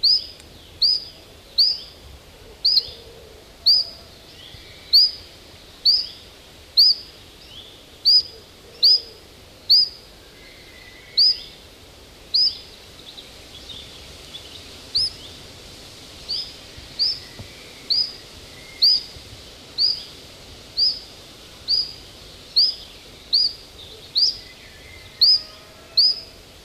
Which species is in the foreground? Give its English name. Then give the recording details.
Common Chiffchaff. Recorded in the wild. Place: Emsdetten, Nordrhein-Westfalen, DE. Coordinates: 52.29, 7.56. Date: 1985-06-15. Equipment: Sony WM-D6C, Big Ear. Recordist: Skiba, Reinald. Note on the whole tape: Emsdettener Venn